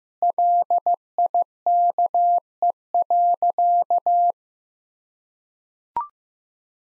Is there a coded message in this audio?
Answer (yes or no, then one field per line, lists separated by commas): yes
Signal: Morse code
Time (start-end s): 0.2-4.3 s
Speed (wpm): 16 wpm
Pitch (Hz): 700 Hz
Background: none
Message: LIKE.